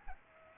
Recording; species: mosquito wingbeat signal from an infrared sensor; Culex pipiens